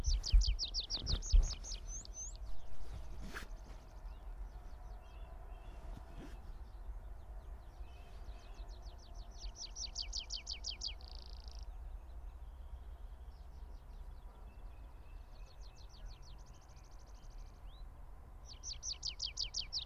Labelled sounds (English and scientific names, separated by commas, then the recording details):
Tree Pipit (Anthus trivialis) song
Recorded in the wild
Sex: male
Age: adult
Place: Hobrechtsfelder Rieselfelder, Naturpark Barnim, Brandenburg, DE
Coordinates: 52.6764, 13.5108
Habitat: open country
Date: 2006-04-20
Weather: fair, ca. 12°C, no wind
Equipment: Edirol R-4, Sennheiser MKH 70, Windkorb
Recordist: Frommolt, Karl-Heinz
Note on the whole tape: Ehemalige Rieselflächen südlich des NSG "Schönower Heide": Gesang eines Baumpiepers. Tier gesehen. Entfernung ca. 12 bis 15 m